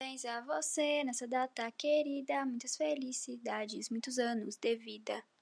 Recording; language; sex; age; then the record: short text; Brazilian Portuguese; female; 20 to 29 years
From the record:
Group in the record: control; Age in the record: 20 years